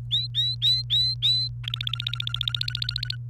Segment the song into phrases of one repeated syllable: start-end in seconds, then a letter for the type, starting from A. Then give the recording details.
0.11-1.48 A, 1.64-3.15 B. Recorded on 28 April 2018 at 16:23. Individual llb3